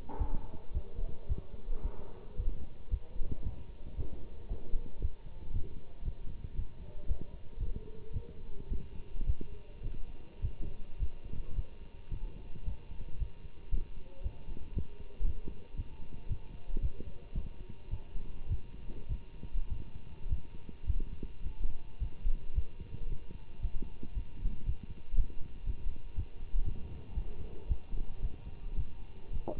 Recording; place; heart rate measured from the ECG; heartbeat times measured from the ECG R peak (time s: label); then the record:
heart sounds by stethoscope; between the tricuspid and mitral areas; 111 bpm
0.17 s: heartbeat
0.73 s: heartbeat
1.28 s: heartbeat
1.82 s: heartbeat
2.36 s: heartbeat
2.90 s: heartbeat
3.43 s: heartbeat
3.96 s: heartbeat
4.48 s: heartbeat
5.01 s: heartbeat
5.52 s: heartbeat
6.04 s: heartbeat
6.56 s: heartbeat
7.07 s: heartbeat
7.59 s: heartbeat
8.13 s: heartbeat
8.69 s: heartbeat
9.26 s: heartbeat
9.83 s: heartbeat
10.41 s: heartbeat
10.98 s: heartbeat
11.55 s: heartbeat
12.10 s: heartbeat
12.65 s: heartbeat
13.18 s: heartbeat
13.71 s: heartbeat
14.23 s: heartbeat
14.74 s: heartbeat
15.25 s: heartbeat
15.76 s: heartbeat
16.28 s: heartbeat
16.81 s: heartbeat
17.34 s: heartbeat
17.90 s: heartbeat
18.48 s: heartbeat
19.08 s: heartbeat
19.69 s: heartbeat
20.28 s: heartbeat
20.86 s: heartbeat
21.43 s: heartbeat
21.99 s: heartbeat
22.54 s: heartbeat
23.08 s: heartbeat
23.61 s: heartbeat
24.14 s: heartbeat
24.65 s: heartbeat
25.15 s: heartbeat
25.65 s: heartbeat
26.15 s: heartbeat
26.64 s: heartbeat
27.14 s: heartbeat
27.68 s: heartbeat
28.21 s: heartbeat
28.76 s: heartbeat
29.32 s: heartbeat
From the record:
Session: Bruce protocol treadmill stress test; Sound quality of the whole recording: good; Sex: male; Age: 24 years